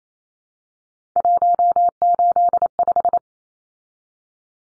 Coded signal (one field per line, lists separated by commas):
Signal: Morse code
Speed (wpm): 28 wpm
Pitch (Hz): 700 Hz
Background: none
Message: 185